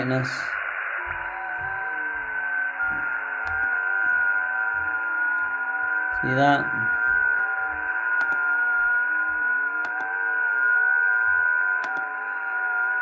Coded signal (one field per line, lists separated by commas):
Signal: FT8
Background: speech